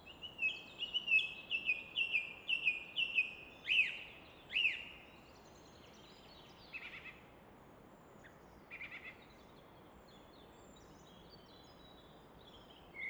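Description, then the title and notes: Common nightingale song: a rapid run of repeated notes followed by two loud sweeping notes, then sparse quiet phrases and a long pause, over a soft rush. Evening in Fläsch, Switzerland; rushing of the Rhine in the background reflected off a rock face; recorded with Fostex FR2 and MKH 800. "Fläsch, Schweiz - Abendstimmung Nachtigall. Im Hintergrund wird das Rauschen des Rheins von einer Felswand reflektiert"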